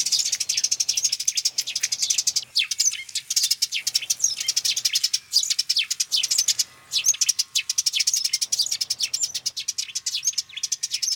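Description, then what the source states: Eurasian tree sparrow song: dense dry rattling strokes broken by bursts of high, twittering, slightly melodious chatter, running on with brief pauses; a faint low hum underneath. Male singing in a mountain pine in a detached-house garden, Järvenpää, early June; apparently in breeding excitement with a nearby female; melodious chatter between rattling strokes.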